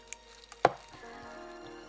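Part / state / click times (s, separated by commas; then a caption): plastic steering wheel trim or control piece into the steering wheel / seated / 0.1 s, 0.6 s. A plastic trim or control piece, moved over from the old wheel, is pressed into a new carbon fiber and Alcantara steering wheel on a Jaguar XFR. Sharp clicks at 0.1 s and 0.7 s, the second louder, are its tabs snapping home, followed by a steady low hum. The piece is seated.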